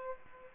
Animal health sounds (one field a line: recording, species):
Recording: mosquito wingbeat signal from an infrared sensor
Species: Aedes aegypti